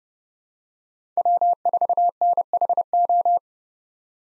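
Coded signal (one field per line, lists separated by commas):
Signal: Morse code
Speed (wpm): 30 wpm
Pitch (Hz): 700 Hz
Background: none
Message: W4NHO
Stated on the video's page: Morse practice of five-character USA call signs at 30 wpm with 8x Farnsworth character spacing.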